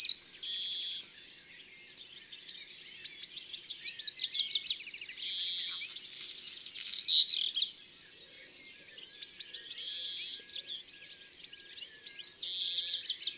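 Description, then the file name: European greenfinch singing a fast twittering series of trills, broken by several long nasal wheezes; the song goes on throughout. "Verdier-d Europe-ABC-des-chants-doiseaux"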